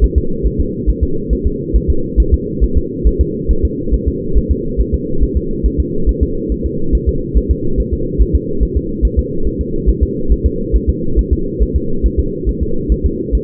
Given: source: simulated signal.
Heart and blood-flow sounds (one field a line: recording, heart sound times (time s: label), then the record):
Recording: fetal heart sounds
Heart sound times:
0.04 s: S1
0.18 s: S2
0.47 s: S1
0.60 s: S2
0.90 s: S1
1.03 s: S2
1.33 s: S1
1.47 s: S2
1.76 s: S1
1.90 s: S2
2.20 s: S1
2.34 s: S2
2.64 s: S1
2.77 s: S2
3.07 s: S1
3.21 s: S2
3.51 s: S1
3.65 s: S2
3.94 s: S1
4.08 s: S2
4.38 s: S1
4.51 s: S2
4.80 s: S1
4.94 s: S2
5.23 s: S1
5.37 s: S2
5.66 s: S1
5.80 s: S2
6.09 s: S1
6.23 s: S2
6.52 s: S1
6.66 s: S2
6.95 s: S1
7.09 s: S2
7.38 s: S1
7.51 s: S2
7.80 s: S1
7.94 s: S2
8.22 s: S1
8.35 s: S2
8.63 s: S1
8.77 s: S2
9.05 s: S1
9.19 s: S2
9.47 s: S1
9.61 s: S2
9.89 s: S1
10.03 s: S2
10.32 s: S1
10.46 s: S2
10.76 s: S1
10.89 s: S2
11.19 s: S1
11.33 s: S2
11.62 s: S1
11.76 s: S2
12.06 s: S1
12.20 s: S2
12.49 s: S1
12.63 s: S2
12.92 s: S1
13.06 s: S2
13.35 s: S1
From the record:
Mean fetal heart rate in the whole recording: 140 bpm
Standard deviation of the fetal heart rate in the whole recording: 2 bpm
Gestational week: 34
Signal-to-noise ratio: -8.1 dB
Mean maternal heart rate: 72 bpm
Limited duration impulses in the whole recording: absent